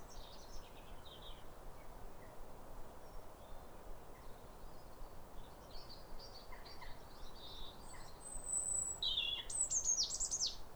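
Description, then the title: European robin song, faint scattered high notes for most, then a loud, sharp high phrase near the end over steady background noise. Pair of robins in neighbouring gardens singing a duet at a clear, calm rosy sunrise on New Year in winter, after weeks of rain; countryside. "Sound Escape 150: Be uplifted by a chorus of New Year's robins"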